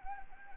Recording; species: mosquito wingbeat signal from an infrared sensor; Anopheles gambiae